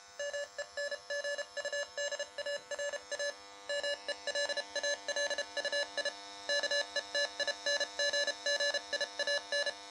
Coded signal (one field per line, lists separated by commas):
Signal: Morse code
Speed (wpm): 33 wpm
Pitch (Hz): 580 Hz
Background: none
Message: MENGUDARA MELALUI KETINGGIAN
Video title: Am Radio Tx - Vb6 Morse Encoder